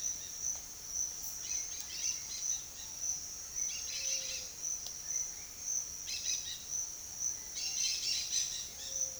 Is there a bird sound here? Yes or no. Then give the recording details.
yes. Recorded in secondary vegetation near Puerto Asís, Putumayo, Colombia, on 22 June 2025 at 07:30. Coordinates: 0.500, -76.326. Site GP08